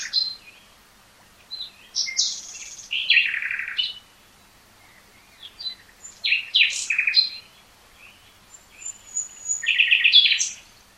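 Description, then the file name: Common nightingale song of varied short phrases, chattering, buzzy and whistled, with a high thin whistle and a closing rattling trill. "Luscinia megarhynchos"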